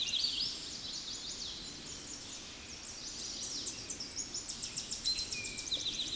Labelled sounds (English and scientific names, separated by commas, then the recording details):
Tennessee Warbler (Leiothlypis peregrina) song
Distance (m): 30 m
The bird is about 15 m above the microphone
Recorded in a Pennsylvania forest on 16 May 2024 at 09:46
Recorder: AudioMoth, point MSD-2305
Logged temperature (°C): 16.9 °C
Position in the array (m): 78 m, 203 m